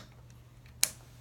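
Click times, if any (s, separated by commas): 0.8 s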